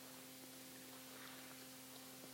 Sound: rustling 15 seconds

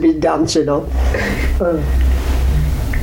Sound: laughs

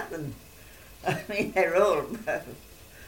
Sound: laughing

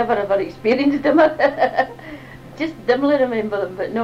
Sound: laughs

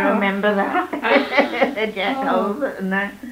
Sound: laughs

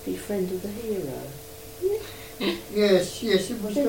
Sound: laughs

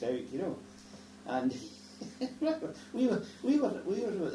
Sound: laughs

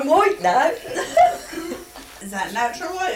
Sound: laughs

